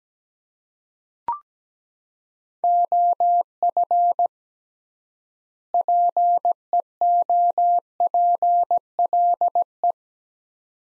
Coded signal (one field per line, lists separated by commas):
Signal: Morse code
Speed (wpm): 17 wpm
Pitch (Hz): 700 Hz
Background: none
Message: OF PEOPLE